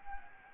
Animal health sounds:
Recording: mosquito wingbeat signal from an infrared sensor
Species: Anopheles gambiae

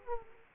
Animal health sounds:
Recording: mosquito wingbeat signal from an infrared sensor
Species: Culex quinquefasciatus

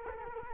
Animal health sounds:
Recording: mosquito wingbeat signal from an infrared sensor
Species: Culex quinquefasciatus

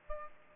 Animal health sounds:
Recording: mosquito wingbeat signal from an infrared sensor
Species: Aedes aegypti

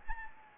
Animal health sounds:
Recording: mosquito wingbeat signal from an infrared sensor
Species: Anopheles gambiae

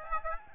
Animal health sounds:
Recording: mosquito wingbeat signal from an infrared sensor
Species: Aedes aegypti

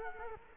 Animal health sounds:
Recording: mosquito wingbeat signal from an infrared sensor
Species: Culex quinquefasciatus

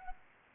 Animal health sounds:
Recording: mosquito wingbeat signal from an infrared sensor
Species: Anopheles arabiensis

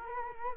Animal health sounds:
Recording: mosquito wingbeat signal from an infrared sensor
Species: Culex quinquefasciatus

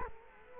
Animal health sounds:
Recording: mosquito wingbeat signal from an infrared sensor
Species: Culex quinquefasciatus

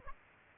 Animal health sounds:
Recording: mosquito wingbeat signal from an infrared sensor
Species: Aedes aegypti

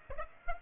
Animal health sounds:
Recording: mosquito wingbeat signal from an infrared sensor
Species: Aedes aegypti

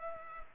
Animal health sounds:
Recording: mosquito wingbeat signal from an infrared sensor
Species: Culex pipiens

